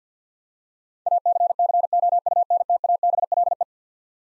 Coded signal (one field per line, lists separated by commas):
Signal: Morse code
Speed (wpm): 50 wpm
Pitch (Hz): 700 Hz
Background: none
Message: ACCOUNTABLE